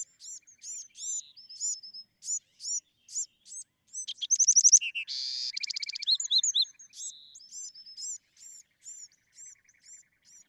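Bewick's wren singing steady high chip notes that swell into a loud rapid rattle near the middle, then ease back into spaced chips.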